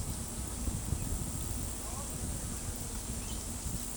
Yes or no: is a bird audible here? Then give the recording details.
no. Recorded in pastures near Pivijay, Magdalena, Colombia, on 2 June 2023 at 15:30. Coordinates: 10.456, -74.369. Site P6-G026